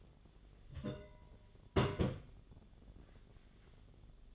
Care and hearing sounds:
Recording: daily activity, microphone in the room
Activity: place on stove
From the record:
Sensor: 4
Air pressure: 1010.8 hPa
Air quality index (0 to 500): 167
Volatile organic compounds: 4 ppm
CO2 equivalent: 1700 ppm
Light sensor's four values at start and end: 40/113/45/47 and 39/112/45/46

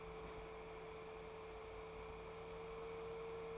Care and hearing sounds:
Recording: daily activity, microphone in the room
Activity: open fridge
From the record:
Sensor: 1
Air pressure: 1014.9 hPa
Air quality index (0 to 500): 192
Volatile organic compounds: 21 ppm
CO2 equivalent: 2719 ppm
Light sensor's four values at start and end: 14/34/14/16 and 17/43/18/21

